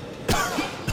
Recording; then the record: coughing mixed with background sound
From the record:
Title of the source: Coughing 51